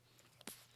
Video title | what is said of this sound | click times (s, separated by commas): Pentax ME F: Let's Give the Company an 'A' for Effort - Camera Talk | slide that so you press and slide it and then it locks into place | 0.5 s